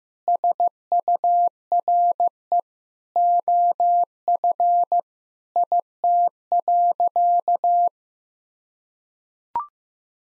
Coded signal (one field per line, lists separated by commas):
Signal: Morse code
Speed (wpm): 15 wpm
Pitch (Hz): 700 Hz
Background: none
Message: SURE OF IT.